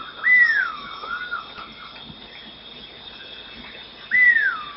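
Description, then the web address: Dusky-tailed flatbill whistled call: two plaintive notes about four seconds apart, each rising quickly then slurring downward, over a steady high insect drone. Recorded in Ecuador. "Birds of Ecuador. Dusky-tailed Flatbill"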